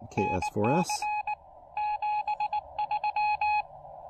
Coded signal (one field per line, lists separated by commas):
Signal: Morse code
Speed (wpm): 18 wpm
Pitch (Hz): 810 Hz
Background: speech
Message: NC 73